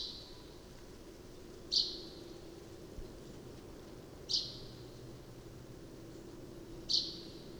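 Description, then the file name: Common chaffinch calling with three crisp, short notes spaced about two and a half seconds apart against a quiet, low background drone. "Fringilla coelebs"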